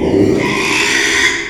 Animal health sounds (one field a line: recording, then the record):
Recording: squeal of a Yucatan mini pig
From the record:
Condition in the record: after surgery on the right vocal fold (resection and tissue-engineered implant)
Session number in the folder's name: 1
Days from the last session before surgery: 6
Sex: male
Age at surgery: 12 weeks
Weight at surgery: 13 kg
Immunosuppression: cyclosporine, prednisolone